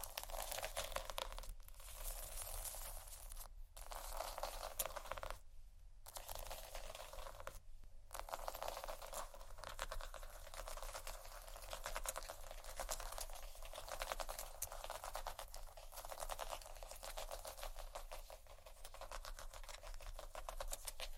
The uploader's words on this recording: ASMR Sleep Session Soft, Tapping, Cardboard, Massage, Scratching, Silicone, Etc. (No Talking).